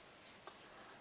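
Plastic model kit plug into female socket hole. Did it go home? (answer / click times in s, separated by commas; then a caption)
no / none. A plastic plug (pin) on a 1/35 scale tank kit part is pushed against its female socket hole, which is too small for it. Only one faint, brief tick is heard at about 0.5 s over a quiet background. The part does not snap in, and nothing has seated or clicked yet.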